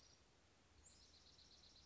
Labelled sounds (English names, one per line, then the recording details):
Dark-eyed Junco
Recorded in Sonoma County, California